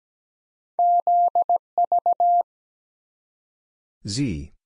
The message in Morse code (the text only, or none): ZV